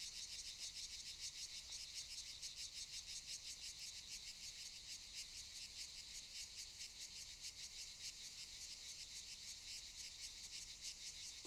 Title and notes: Sonido de cigarras y chicharras. A las 18:40 de la tarde aproximadamente, en el monte de Valdelatas próximo a la Universidad Autónoma de Madrid